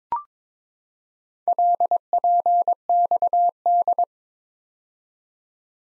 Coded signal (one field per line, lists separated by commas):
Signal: Morse code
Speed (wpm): 23 wpm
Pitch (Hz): 700 Hz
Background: none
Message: LPXD